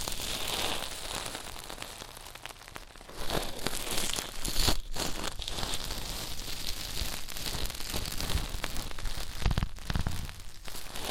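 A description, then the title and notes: Ear cleaning sounds made of dense, crinkly scratching and rustling, bright and hissy with a steady texture. A brief lull comes just before three seconds, then the scraping returns louder and continues evenly, with sharper crackly bursts near five and ten seconds. ASMR Intense Electrifying Ear Cleaning.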